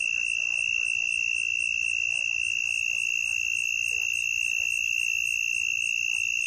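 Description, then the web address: Southern mole cricket song: an unbroken steady trill sustained throughout. Shrill higher-pitched pulsing insects sound in the background. North America. "Songs of Insects. Southern Mole Cricket"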